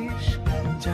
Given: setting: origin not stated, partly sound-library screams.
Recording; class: one-second piece from a danger detection set; normal situation